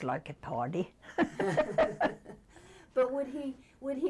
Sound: laughs

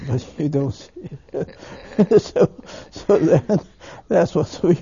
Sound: he laughs

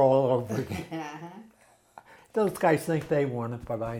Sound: chuckles

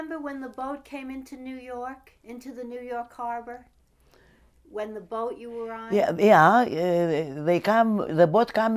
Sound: none

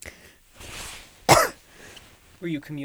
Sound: she coughs

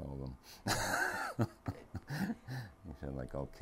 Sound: laughter

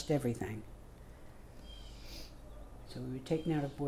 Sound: sniffs

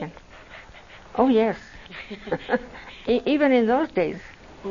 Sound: laughs

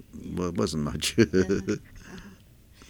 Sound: he laughs

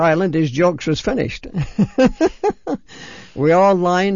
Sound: he laughs

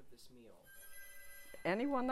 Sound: the telephone rings

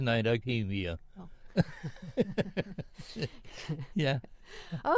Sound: laughs

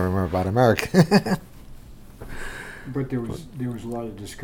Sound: laughs

